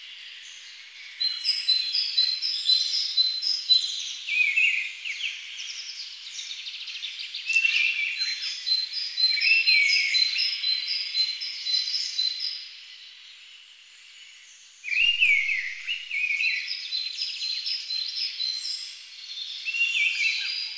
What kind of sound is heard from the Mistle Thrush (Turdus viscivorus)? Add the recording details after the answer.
song. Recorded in the wild. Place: Kandel /Schwarzwald; Waldkirch, Baden-Württemberg, DE. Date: 2011-04-07. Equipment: MiniDisc Sharp MT 20 H. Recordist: Schwarz, Dieter. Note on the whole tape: Song